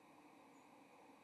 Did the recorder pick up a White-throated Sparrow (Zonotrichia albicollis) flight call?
yes